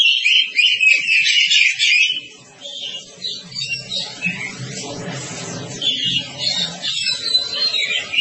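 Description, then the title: Oriental magpie-robin song with a loud run of high whistled notes at the start, then softer scattered phrases over a low droning background. Long-duration song style (durasi panjang). "Kacer Durasi Panjang"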